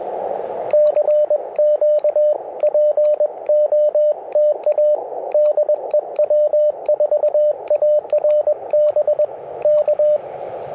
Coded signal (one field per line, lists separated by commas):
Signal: Morse code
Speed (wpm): 21 wpm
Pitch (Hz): 600 Hz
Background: radio noise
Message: CQ POTA DEW4ARB K